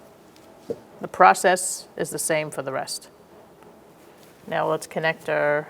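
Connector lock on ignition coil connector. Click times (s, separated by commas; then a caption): 0.7 s. The locking tab on an ignition coil connector of a 2012–2019 Fiat 500 1.4L L4 is pushed in to secure the seated connector, giving a faint click at 0.7 s. Someone talks before and after, and the connector ends up seated and locked.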